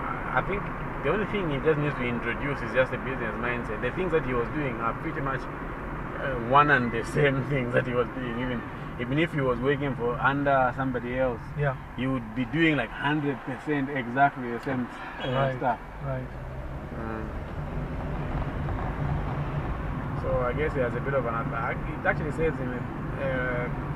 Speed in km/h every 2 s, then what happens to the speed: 50, 49, 47, 40, 31, 19, 6, 0, 12, 24, 30, 33.
0-13 brakes to 0. 13-15 standing. 15-24 pulls away to 33.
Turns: none.